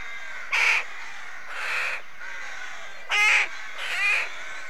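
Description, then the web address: Rook caws: four harsh, grating calls, two loud and two softer and more drawn out. Rooks calling at a rookery. "The BBC Sound Effects Library. Rookery"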